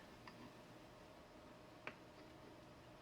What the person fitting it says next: Just kind of snaps right into place there.